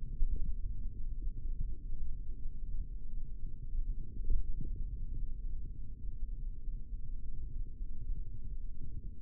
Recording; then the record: forearm muscle sounds (acoustic myography)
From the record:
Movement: hand opening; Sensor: system 3, bracelet of six PUI Audio POM-2738L microphones around the upper forearm, with dedicated amplification and filtering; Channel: 3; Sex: male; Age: 25 years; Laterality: right